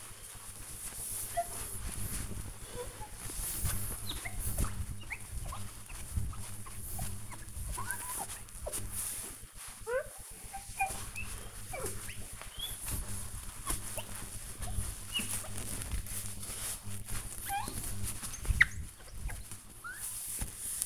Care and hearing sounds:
household activities, microphone on the right wrist
0.00-20.86 s: window cleaning

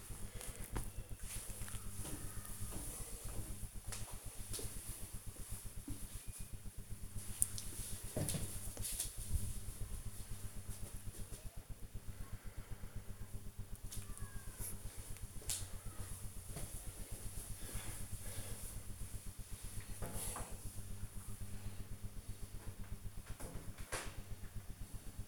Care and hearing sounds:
household activities, microphone on the right wrist
none

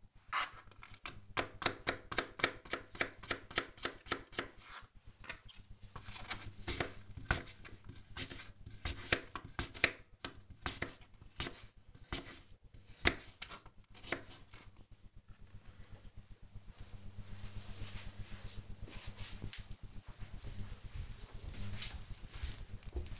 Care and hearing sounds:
household activities, microphone on the right wrist
0.00-15.59 s: cutting vegetables

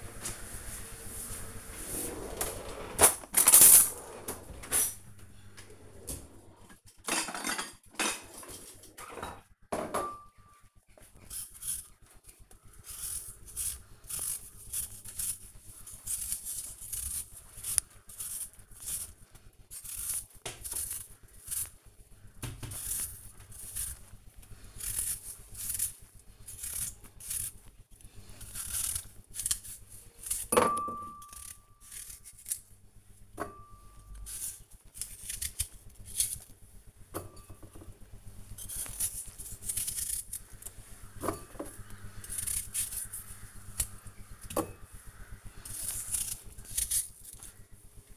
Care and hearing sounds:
household activities, microphone on the right wrist
11.00-48.17 s: cutting vegetables

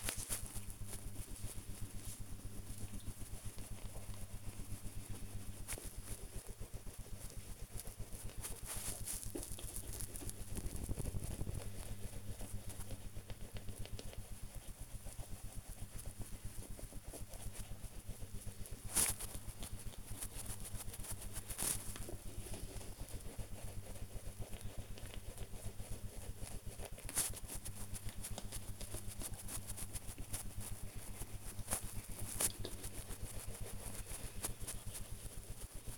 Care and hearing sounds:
household activities, microphone on the right wrist
0.00-35.98 s: brushing teeth

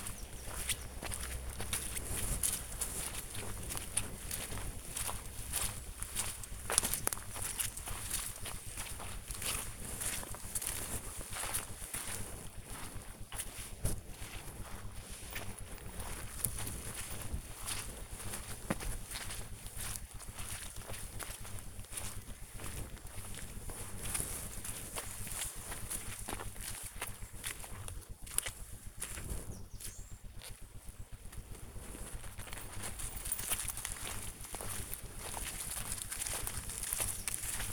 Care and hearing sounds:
household activities, microphone on the right wrist
0.00-37.73 s: going for a walk with dog

